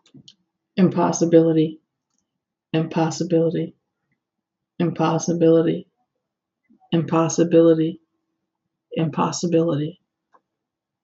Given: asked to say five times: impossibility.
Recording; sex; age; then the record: repeated word; female; 40 to 49 years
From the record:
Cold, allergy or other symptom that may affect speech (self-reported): no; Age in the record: 41 years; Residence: Florida, United States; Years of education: 16